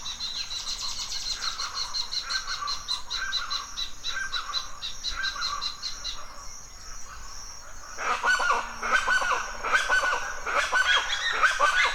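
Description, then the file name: Chachalaca loud calls, harsh repeated notes in a busy overlapping chorus. Loud call recorded at dawn in a forest in Mexico. "felix blume animals birds chachalas loud call dawn forest mexico"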